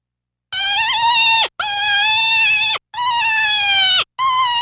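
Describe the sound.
Deer bleats: four nasal, harmonic calls about a second long, the first three steady then dropping sharply at the end, the last cut off, separated by brief silences.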